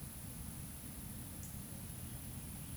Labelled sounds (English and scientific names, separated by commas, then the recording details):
Eurasian Woodcock (Scolopax rusticola) whistle
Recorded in Baden-Württemberg, Germany, on 27 June 2020 at 19:55 UTC
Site 43737, 512 m above sea level